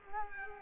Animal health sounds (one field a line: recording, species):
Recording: mosquito wingbeat signal from an infrared sensor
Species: Culex quinquefasciatus